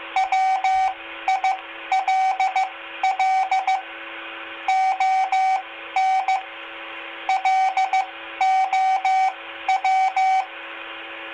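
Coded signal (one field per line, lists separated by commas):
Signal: Morse code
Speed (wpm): 15 wpm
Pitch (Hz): 760 Hz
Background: radio noise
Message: WILL ON LOW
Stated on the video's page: CW practice during a net on the 2 m repeater at 146.825 MHz FM, received on Baofeng UV-5R and Explorer QRZ-1 handhelds.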